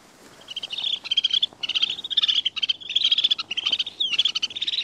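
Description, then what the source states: Snow Bunting calls: bright chirps and short rippling trills in quick irregular bursts. Played recording of the species; described as several different sounds.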